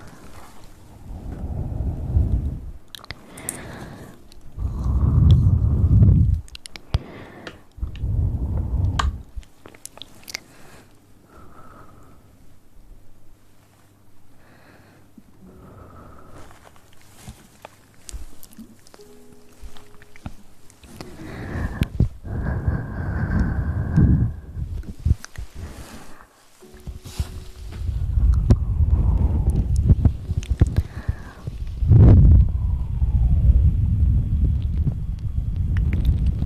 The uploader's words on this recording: ASMR Hand Sounds & Movements, Mouth Sounds.